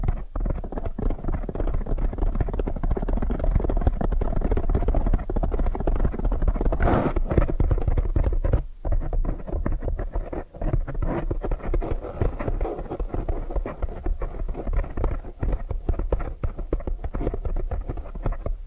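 Fast, dense tapping continues throughout, a steady patter of many small hollow knocks that blur into a clip-clop rhythm. The sound is mostly low and muffled. A brief brighter swish cuts in around seven seconds, with a short pause near nine.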